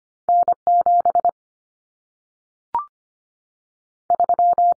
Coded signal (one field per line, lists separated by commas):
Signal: Morse code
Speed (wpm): 25 wpm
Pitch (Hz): 700 Hz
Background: none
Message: N7 3